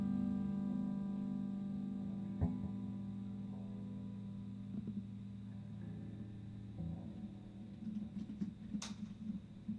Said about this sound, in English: God, that's so much noise on my microphone. It's the computer behind making a hum, hissy wissy sound. Do you hear it as I talk and the gate comes on? You can hear it going, shh.